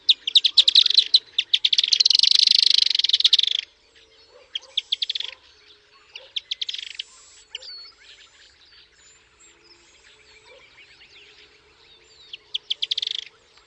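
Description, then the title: Firewood-gatherer chattering in loud bursts of rapid, scratchy, high-pitched notes. One long outburst comes first, then shorter clusters separated by pauses. "LuckyPassaro Completos2Sama. Firewood-gatherer (Anumbius annumbi)"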